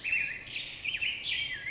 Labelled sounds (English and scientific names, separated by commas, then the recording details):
Black-headed Grosbeak (Pheucticus melanocephalus)
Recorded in Sonoma County, California